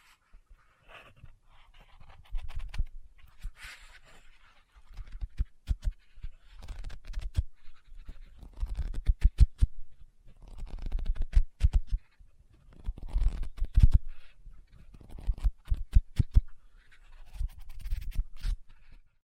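Tapping and scratching on a book come in uneven bursts of sharp, dry clicks and rustles, with short quiet pauses between clusters throughout.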